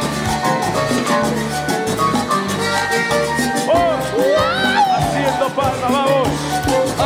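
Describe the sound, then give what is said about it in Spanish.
An audience at a live show claps along with hands raised in steady rhythm to loud live music, the sharp, even hand claps blending with the beat and a sung melody throughout. “A ver, arriba las palmas, todo el mundo. Arriba, arriba. Todos haciendo palmas.”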